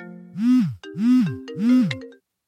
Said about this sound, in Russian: Мужчина схватился за голову, и в этот момент затрезвонил его телефон.